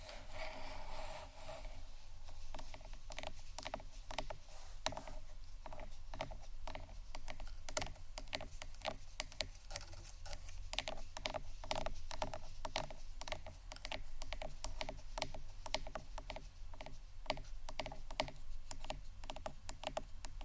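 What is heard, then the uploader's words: Soft tapping and scratching in quick, dense clusters of crisp clicks, running steadily throughout over a constant low hum. ASMR Softly Tapping & Scratching （No Talking）.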